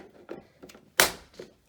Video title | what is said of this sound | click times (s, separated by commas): Zoe's Tips, Tricks and How To's Episode 08: The Starfrit Easy Fries | until you hear a click okay turn it upside down | 1.0 s